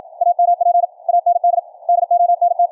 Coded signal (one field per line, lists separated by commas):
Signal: Morse code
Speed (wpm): 53 wpm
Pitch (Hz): 700 Hz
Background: none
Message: AMP AND DONT